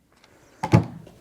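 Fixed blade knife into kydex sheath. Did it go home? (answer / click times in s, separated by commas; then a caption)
yes / 0.6 s. A fixed blade knife is pushed firmly into a rigid kydex plastic sheath and seats with a sharp click at 0.6 s. A heavier burst follows around 0.75 s, and the sound then fades into low rustling.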